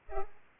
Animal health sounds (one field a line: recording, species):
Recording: mosquito wingbeat signal from an infrared sensor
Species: Culex pipiens